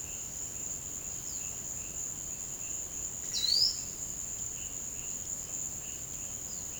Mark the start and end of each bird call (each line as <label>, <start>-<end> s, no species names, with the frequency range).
bird call (2.5-6.1 kHz), 1.22-1.64 s
bird call (3.4-5.9 kHz), 3.32-3.78 s